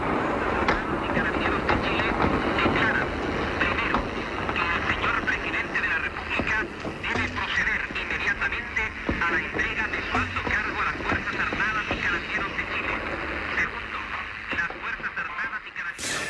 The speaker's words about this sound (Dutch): we horen schoten en we horen een radio. Iemand die een toespraak houdt.